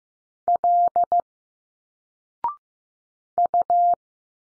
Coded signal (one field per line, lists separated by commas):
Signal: Morse code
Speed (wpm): 15 wpm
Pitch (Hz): 700 Hz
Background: none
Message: L U